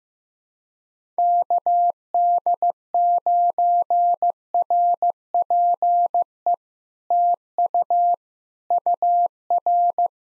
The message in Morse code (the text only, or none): KD9RPE TU UR